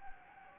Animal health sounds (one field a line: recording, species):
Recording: mosquito wingbeat signal from an infrared sensor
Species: Anopheles gambiae